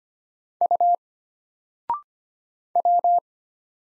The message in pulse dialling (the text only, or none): none